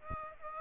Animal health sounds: mosquito wingbeat signal from an infrared sensor; Aedes aegypti

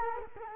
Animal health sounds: mosquito wingbeat signal from an infrared sensor; Culex quinquefasciatus

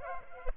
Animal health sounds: mosquito wingbeat signal from an infrared sensor; Culex pipiens

